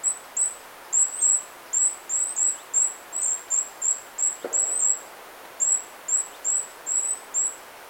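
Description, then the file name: Goldcrest song: very high, thin notes in quick pairs and short runs, repeated steadily with brief pauses, one soft click midway. "Kungsfagel"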